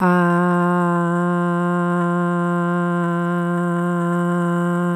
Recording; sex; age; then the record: sustained vowel /a/; female; 50 to 59 years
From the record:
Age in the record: 55 years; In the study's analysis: included